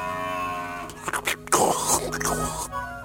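A cow moos in a long, low, droning call, its tone rough and wavering, with a louder breathy burst in the middle before it trails off.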